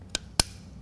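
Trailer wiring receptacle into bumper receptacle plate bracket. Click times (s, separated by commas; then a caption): 0.2 s, 0.4 s. A trailer wiring receptacle is pressed onto the receptacle plate bracket of a Road Armor Vaquero rear bumper on a 2015 Chevy Silverado 2500. Its clips give two sharp snaps at 0.1 s and 0.4 s, the second louder. The receptacle is clipped and seated in the bracket.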